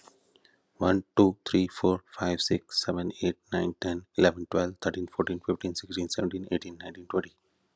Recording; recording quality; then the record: counting at a fast pace; excellent, no background noise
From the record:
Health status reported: healthy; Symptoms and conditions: diabetes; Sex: male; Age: 45 years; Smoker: not ticked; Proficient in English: yes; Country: India